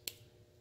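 A person pushes down the rotating head of a spring-loaded Dango Designs GoPro action-camera mount and twists it to face them, and it locks into one of its four detent positions, since it only locks in those four directions and not at an offset. A single sharp, bright click sounds at 0.1 s, followed by a quiet low hum. The mount head is seated in its detent.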